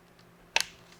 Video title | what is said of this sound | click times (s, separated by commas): Sony DSX-M80 Harley-Davidson Installation - 1998 - 2013 Harley-Davidson Touring | push that in with a little click | 0.6 s